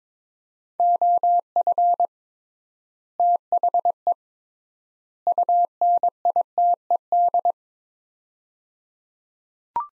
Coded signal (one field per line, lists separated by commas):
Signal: Morse code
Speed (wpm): 22 wpm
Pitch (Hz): 700 Hz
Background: none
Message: OF THE UNITED